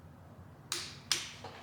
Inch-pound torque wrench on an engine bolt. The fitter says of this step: So, and this one doesn't click, it just kind of does like a little snap.